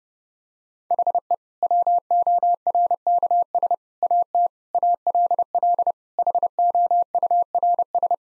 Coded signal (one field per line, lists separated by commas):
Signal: Morse code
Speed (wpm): 32 wpm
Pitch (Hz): 700 Hz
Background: none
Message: HE WORKS AT ALL HOURS